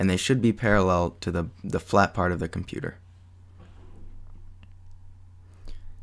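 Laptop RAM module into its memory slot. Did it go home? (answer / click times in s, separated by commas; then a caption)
yes / 4.6 s, 5.7 s. Someone talks for the first three seconds, then new RAM modules are inserted label up at about a 30° angle into the memory slots of a MacBook Pro laptop and pressed down. Two sharp clicks sound at 4.6 s and 5.7 s, one per module, among fainter small ticks. Each module snaps in and seats lying parallel to the flat part of the computer.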